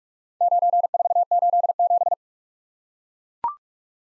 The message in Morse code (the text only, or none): 9487